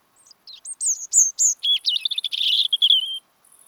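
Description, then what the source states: European robin song opening with clear, thin whistles, then breaking into a rapid, scratchy warbling run; a shrill insect-like buzz sounds alongside. Robin singing in autumn, when it resumes song as northern migrants arrive.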